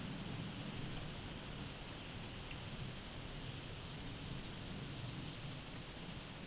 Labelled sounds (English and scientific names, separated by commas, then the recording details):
Black-and-white Warbler (Mniotilta varia) song
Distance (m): 35 m
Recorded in a Pennsylvania forest on 18 May 2023 at 13:54
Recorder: AudioMoth, point grid1_27_low
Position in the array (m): 87 m, 46 m